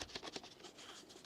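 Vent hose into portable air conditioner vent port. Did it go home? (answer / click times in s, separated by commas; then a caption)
no / none. A plastic vent hose is handled at the vent port of a portable air conditioner, producing short scratchy, pattering plastic sounds with a few sharp transients near the start. Nothing has seated or clicked yet; the hose is not yet home in the vent.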